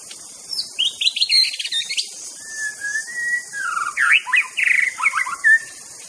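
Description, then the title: White-rumped shama song mixing quick chirpy notes, a long level whistle and rich warbling flourishes, over a constant high hiss. Wild bird singing in forest; natural, original song (Indonesian name murai batu). "Kicau Asli Murai Batu Hutan"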